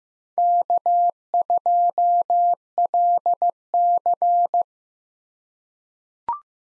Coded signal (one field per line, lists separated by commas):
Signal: Morse code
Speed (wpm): 15 wpm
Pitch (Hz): 700 Hz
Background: none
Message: K2LC